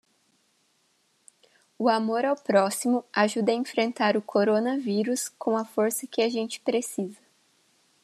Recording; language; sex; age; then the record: spoken sentence; Brazilian Portuguese; female; 20 to 29 years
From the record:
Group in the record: control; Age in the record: 22 years